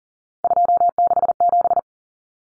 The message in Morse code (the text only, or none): 267